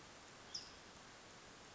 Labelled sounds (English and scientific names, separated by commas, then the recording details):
California Towhee (Melozone crissalis)
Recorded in Sonoma County, California